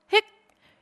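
A single abrupt, high-pitched voiced 'hic', about a tenth of a second long, fades quickly into quiet. It is an imitated hiccup: a nerve signal from the brain via the spinal cord triggers a sudden jerking spasm of the diaphragm, pulling air in against a snapping-shut throat.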